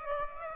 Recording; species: mosquito wingbeat signal from an infrared sensor; Aedes aegypti